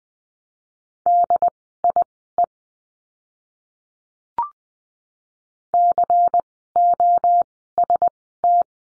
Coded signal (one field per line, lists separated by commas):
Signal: Morse code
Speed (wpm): 20 wpm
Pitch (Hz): 700 Hz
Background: none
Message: DIE COST